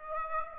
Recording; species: mosquito wingbeat signal from an infrared sensor; Aedes aegypti